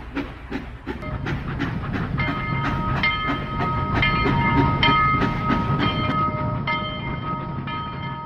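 A train on the Caldas railway in Pereira rolls steadily along the rails with a repeated clickety-clack of wheels over joints, under a broad rumble and hiss, with sustained metallic squealing tones.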